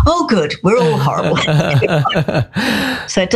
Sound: laughter